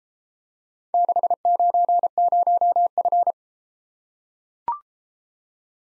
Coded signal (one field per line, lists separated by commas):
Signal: Morse code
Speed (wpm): 29 wpm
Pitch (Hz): 700 Hz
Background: none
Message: 690F